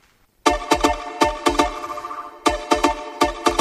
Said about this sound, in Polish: Alert w telefonie, że zawieje błyśnie.